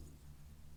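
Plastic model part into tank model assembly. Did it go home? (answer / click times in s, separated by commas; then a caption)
no / none. A plastic part is pressed into a Panther tank model assembly where a small gap remains, with only a steady low hum and faint handling noise heard throughout. Nothing has seated or clicked yet.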